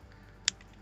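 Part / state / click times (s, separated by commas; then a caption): connector into air suspension compressor / seated / 0.5 s. A two-channel connector is pushed into the air suspension compressor pump of a Cadillac Escalade, Yukon or Avalanche and snaps into place with a single loud, sharp click at 0.5 s. Faint ticks come at about 0.1 s and 0.6 s, and the connector is seated.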